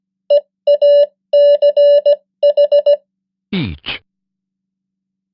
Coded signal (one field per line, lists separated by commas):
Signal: Morse code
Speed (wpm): 17 wpm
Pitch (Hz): 580 Hz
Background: none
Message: EACH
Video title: 100 most common English words in Morse Code @15wpm (+ spoken English words!)